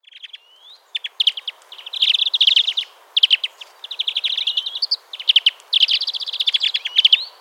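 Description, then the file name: European greenfinch producing dense, fast twittering trills almost continuously, ending with a short rising wheezy note. "Chloris chloris"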